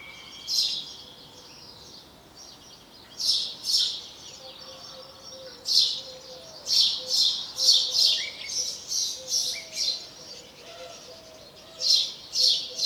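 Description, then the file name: House sparrow chirping, bright short chirps in loose clusters with a busier run of chirps in the middle; faint lower notes underneath. "Passer domesticus"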